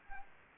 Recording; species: mosquito wingbeat signal from an infrared sensor; Anopheles gambiae